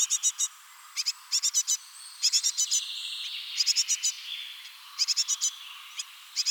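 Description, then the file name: Great tit churring calls, rapid groups of harsh ticks repeated about every second, with drawn-out tonal notes in the middle. "Parus major"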